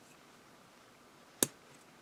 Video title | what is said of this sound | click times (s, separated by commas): Dr. Wu Monitor & Destroy Emperor Review | just like that hear that snap | 1.4 s